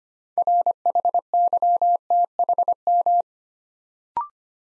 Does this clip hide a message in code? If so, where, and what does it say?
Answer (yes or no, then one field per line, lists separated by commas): yes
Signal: Morse code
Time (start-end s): 0.4-3.2 s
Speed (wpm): 25 wpm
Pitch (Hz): 700 Hz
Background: none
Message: RHYTHM